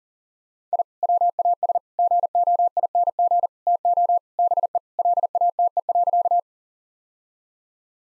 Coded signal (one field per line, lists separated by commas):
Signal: Morse code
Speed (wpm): 40 wpm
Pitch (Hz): 700 Hz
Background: none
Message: I WAS GOING TO BE LATE.